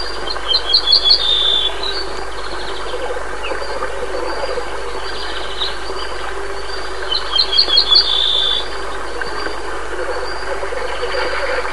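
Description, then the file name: Ortolan bunting song: a few repeated clear notes followed by a lower drawn-out note, given twice over a steady noisy background hum. "ovsjanka sadovaja"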